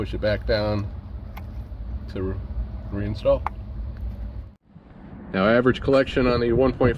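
Someone talks while a hose quick-connect fitting, which releases by pushing its button, is pushed back down onto the port of a J&L 3057D oil separator on a 1.5L 2025 Ford Bronco Sport / 2023-2026 Ford Escape to reinstall it. A sharp click at 1.4 s marks the fitting snapping back on and seating, and the talking continues afterward.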